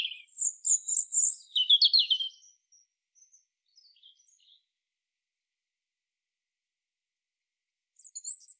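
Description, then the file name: European robin song phrase: bright high warbles and a quick descending trill, then quiet scattered notes and a new high phrase beginning. "Erithacus rubecula"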